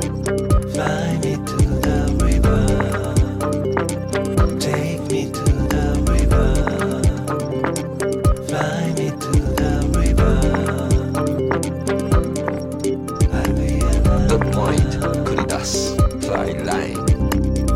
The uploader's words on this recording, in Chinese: 夏夜遛弯儿半小时。